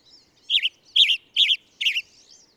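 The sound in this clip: Bird singing four bright, warbling chirps at a steady pace of roughly two per second, each a quick up-and-down twist, with soft high twittering at the start and end.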